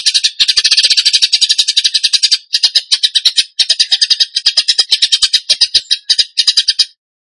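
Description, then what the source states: Bird song in rapid buzzy bursts of repeated high notes, separated by short pauses, stopping near the end. Masteran (training recording) of a bird singing in the gacor tembakan song style.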